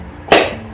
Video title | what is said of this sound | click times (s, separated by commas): How to make decorative coasters with SPARK! | You hear that click? Yeah. That's awesome. That fits perfectly. | 0.3 s